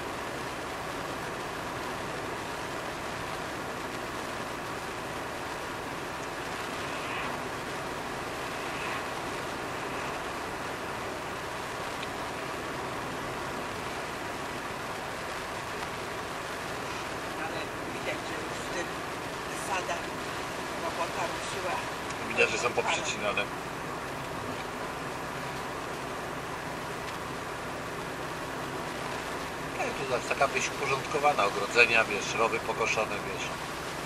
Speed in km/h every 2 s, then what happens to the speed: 68, 69, 69, 69, 69, 69, 69, 69, 68, 68, 68, 67, 67, 67, 67, 66, 67.
0-34 steady at about 68.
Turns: none.